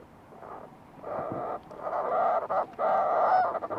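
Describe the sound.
Fulmar prion calls, a raspy, gurgling chatter with short breaks.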